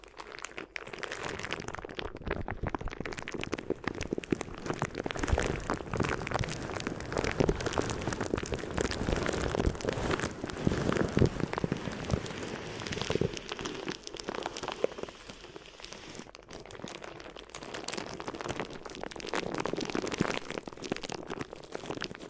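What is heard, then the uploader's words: Crinkly material is rubbed and crumpled in a continuous, dense stream of crackling, sounding much like rain pattering on a surface. The texture stays busy throughout, swelling into louder bursts around the middle and easing slightly after about fifteen seconds before building again. ASMR Addictive Crinkly Ear Massage (No Talking).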